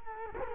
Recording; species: mosquito wingbeat signal from an infrared sensor; Culex quinquefasciatus